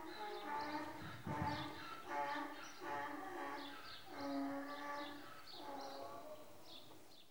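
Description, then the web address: Donkey braying, a run of harsh harmonic heaves. Donkeys, more than one, braying in a shed while eating. "The BBC Sound Effects Library. Donkeys in shed braying eating"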